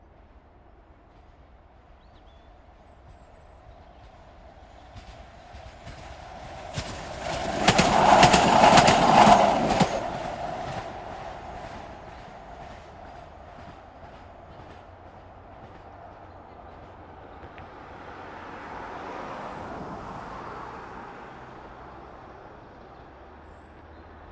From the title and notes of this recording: Trams at Elsinore Road, again! This time a little further away from the station and recorded with a pair of Sony ECM-77 omni's.